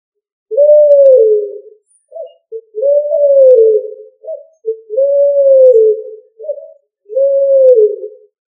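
Pigeon cooing: a low, drawn-out falling note, usually followed by a brief higher note, repeated four times about every two seconds.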